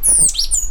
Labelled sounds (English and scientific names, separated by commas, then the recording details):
Stitchbird (Notiomystis cincta) song
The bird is a male
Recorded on Tiritiri Matangi Island, New Zealand, in 2005
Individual 2, of nest box 2